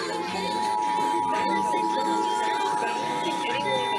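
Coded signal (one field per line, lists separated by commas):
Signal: Emergency Alert System (SAME) tones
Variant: 853 and 960 Hz attention tone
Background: speech, music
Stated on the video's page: Real Required Monthly Tests received in Los Angeles.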